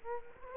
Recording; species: mosquito wingbeat signal from an infrared sensor; Culex quinquefasciatus